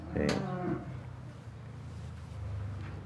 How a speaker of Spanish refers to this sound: En cuanto huelen la comida, empiezan todas a balar, ¡buah!, como locas.